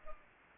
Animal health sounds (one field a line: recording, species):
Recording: mosquito wingbeat signal from an infrared sensor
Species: Culex pipiens